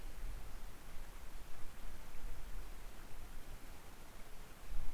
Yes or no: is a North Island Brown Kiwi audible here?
no